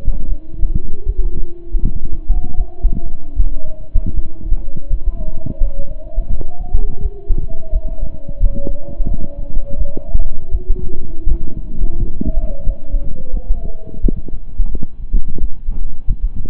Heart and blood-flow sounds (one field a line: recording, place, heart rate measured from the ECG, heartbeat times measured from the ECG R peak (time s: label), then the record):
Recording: heart sounds by stethoscope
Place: between the tricuspid and mitral areas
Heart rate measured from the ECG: 84 bpm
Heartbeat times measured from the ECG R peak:
0.26 s: heartbeat
1.04 s: heartbeat
1.80 s: heartbeat
2.55 s: heartbeat
3.34 s: heartbeat
4.12 s: heartbeat
4.87 s: heartbeat
5.58 s: heartbeat
6.28 s: heartbeat
7.00 s: heartbeat
7.70 s: heartbeat
8.38 s: heartbeat
9.05 s: heartbeat
9.76 s: heartbeat
10.49 s: heartbeat
11.26 s: heartbeat
11.96 s: heartbeat
12.64 s: heartbeat
13.31 s: heartbeat
14.00 s: heartbeat
14.69 s: heartbeat
15.38 s: heartbeat
16.05 s: heartbeat
From the record:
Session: slow and fast walking with breaks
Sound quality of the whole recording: saturated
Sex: male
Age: 25 years